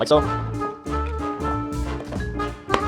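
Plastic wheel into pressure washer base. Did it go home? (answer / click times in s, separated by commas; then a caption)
yes / 2.7 s. A third plastic wheel is pushed into its corner socket on the base of a Westinghouse ePX3500 pressure washer while someone talks over background music. A sharp snap at 2.7 s marks the wheel clicking in and seating, which is the sign it is properly in.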